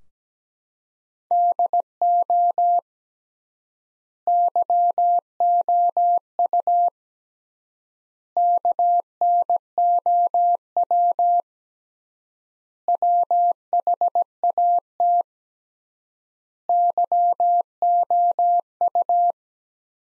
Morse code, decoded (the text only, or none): DO YOU KNOW WHAT YOU